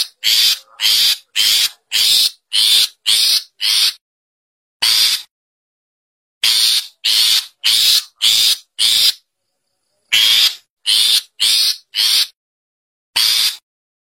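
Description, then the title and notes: Long-tailed Shrike delivering quick series of grating, buzzy notes in short volleys, separated by short pauses. "Kicau Burung Cendet"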